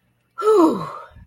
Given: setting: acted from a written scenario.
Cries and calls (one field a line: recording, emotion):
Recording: vocal sound without words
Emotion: relief